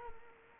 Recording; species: mosquito wingbeat signal from an infrared sensor; Culex quinquefasciatus